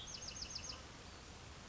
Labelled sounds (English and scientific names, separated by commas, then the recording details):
Bewick's Wren (Thryomanes bewickii)
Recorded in Sonoma County, California